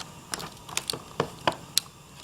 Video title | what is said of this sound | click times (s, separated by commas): Toshiba Tecra 780CDM Laptop Computer Overview Part 2 | Ah, the nice little click. | 1.8 s